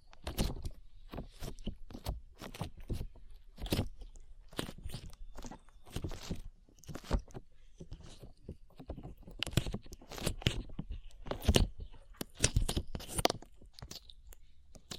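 Sticky slime being worked and pressed, giving a steady stream of sharp, crackly pops and wet clicks. The snaps come fast and irregularly across the whole stretch, some louder bursts standing out, with a soft squishy texture underneath.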